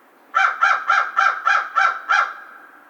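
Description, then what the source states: American crow calling a rapid series of seven harsh, evenly spaced caws, roughly one every third of a second. Recorded 2 March 2010.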